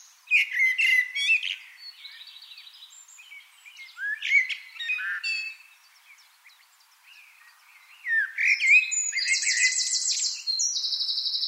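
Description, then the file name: Eurasian wren bursts of hurried high twittering, fading briefly, then returning with sharp notes and a fast, rattling trill to close. "Troglodytes troglodytes"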